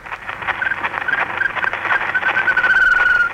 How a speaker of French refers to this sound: It doesn't sound like much, does it? But in fact, it's a sound document of great historical significance. The first recording of a bird. In fact, an Indian Sharma bird, made in 1889 by an 8-year-old boy from Frankfurt called Ludwig Koch.